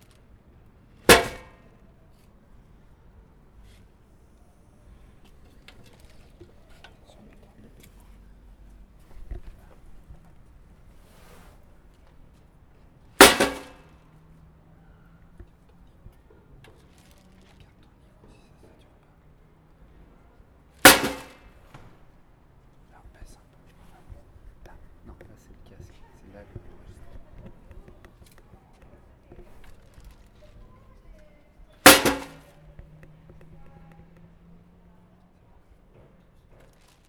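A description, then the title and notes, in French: A trash bin lid slams shut four times, at about 1, 13, 21 and 32 seconds, each a sharp, loud crack. A couple of the bangs leave a brief low hum ringing afterward. Between slams there is only quiet low rumble and faint scattered clicks. Claquement de poubelle.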